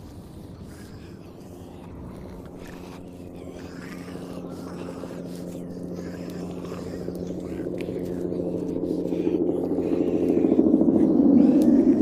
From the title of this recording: Zombie apocalypse ASMR Ambience